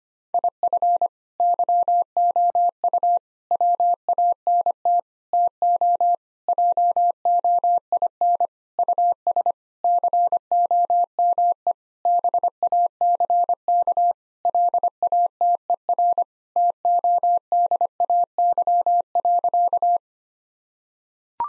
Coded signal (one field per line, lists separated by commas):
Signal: Morse code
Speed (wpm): 25 wpm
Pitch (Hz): 700 Hz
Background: none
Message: IF YOU WANT TO JOIN US COME BACK LATER TODAY.